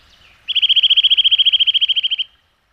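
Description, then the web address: Eurasian nuthatch delivering a rapid, evenly spaced trill of bright piping notes, steady in pitch, for just under two seconds. "Madardalok Csuszka"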